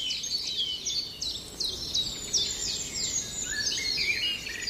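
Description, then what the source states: European robin singing thin, high, sparkling phrases of quick descending and wavering notes, varied and continuous, over a soft background hiss. Delicate, pearling song, likened to a falling mountain brook trickling over mossy stones.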